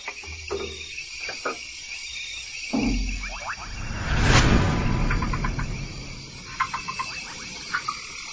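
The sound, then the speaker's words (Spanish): A red-eyed tree frog, hidden under undergrowth in Central America, gives short, dry clicking calls in scattered bursts over a steady high insect drone. A broad rushing swell rises and fades in the middle. “La rana verde de ojos rojos.”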